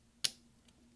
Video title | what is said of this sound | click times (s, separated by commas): DELETE key replacement on the 13" Macbook Pro Unibody Core 2 Duo 2.26 Ghz | you hear a little click | 0.2 s